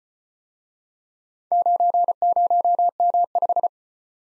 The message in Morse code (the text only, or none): 90M5